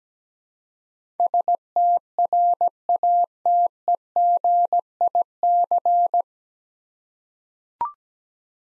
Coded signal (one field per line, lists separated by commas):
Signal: Morse code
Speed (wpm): 17 wpm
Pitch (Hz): 700 Hz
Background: none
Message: STRATEGIC